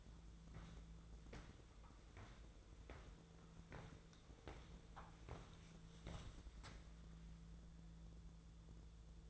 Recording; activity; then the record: daily activity, microphone in the room; walk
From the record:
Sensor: 3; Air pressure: 1005.4 hPa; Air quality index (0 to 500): 94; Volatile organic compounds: 3 ppm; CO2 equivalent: 1476 ppm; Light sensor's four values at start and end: 10/24/10/9 and 7/15/6/7